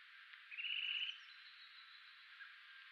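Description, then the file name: Eurasian nuthatch call, a brief fast trill of high, evenly pulsed notes about half a second long, with a faint hiss before and after. "Sitta europaea"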